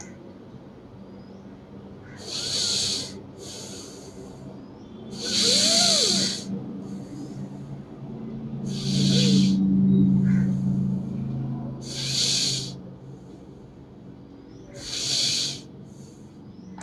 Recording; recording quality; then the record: deep breathing; excellent, no background noise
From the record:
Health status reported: healthy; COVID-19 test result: not tested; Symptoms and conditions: none ticked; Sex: male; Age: 53 years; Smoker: not ticked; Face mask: not worn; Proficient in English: yes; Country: India